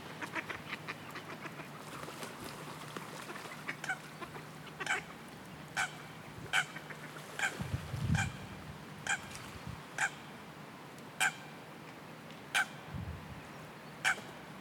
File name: Park Zeist augustus 2010 wind light rain footsteps waterbird